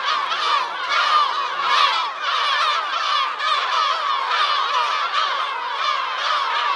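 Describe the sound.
Many birds calling at once, a continuous jumble of chirps and short trills with slight rises and falls in loudness.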